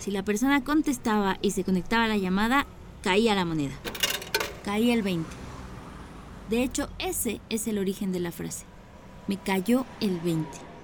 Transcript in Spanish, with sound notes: Si la persona contestaba y se conectaba la llamada, caía la moneda. (sonido: cae la moneda) Caía el 20. De hecho ESE es el origen de la frase. Me cayó el veinte.